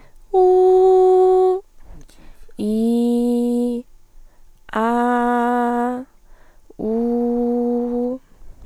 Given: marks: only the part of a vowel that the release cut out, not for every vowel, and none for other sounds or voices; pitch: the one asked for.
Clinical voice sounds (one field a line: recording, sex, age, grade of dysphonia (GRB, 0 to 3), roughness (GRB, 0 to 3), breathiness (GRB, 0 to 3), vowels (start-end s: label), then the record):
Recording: sustained vowels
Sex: female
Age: 20 to 29 years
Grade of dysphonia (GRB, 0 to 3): 0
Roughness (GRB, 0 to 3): 0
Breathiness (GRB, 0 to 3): 0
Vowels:
0.48-1.50 s: vowel /u/, high pitch
2.66-3.51 s: vowel /i/, low pitch
4.82-5.92 s: vowel /a/, low pitch
6.93-7.88 s: vowel /u/, low pitch
From the record:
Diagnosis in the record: healthy voice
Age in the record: 20 years